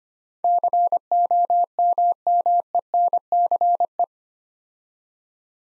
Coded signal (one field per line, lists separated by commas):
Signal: Morse code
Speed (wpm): 25 wpm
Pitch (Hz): 700 Hz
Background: none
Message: COMMENCE